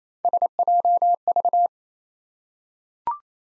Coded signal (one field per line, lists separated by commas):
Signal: Morse code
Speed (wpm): 28 wpm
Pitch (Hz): 700 Hz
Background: none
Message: SJV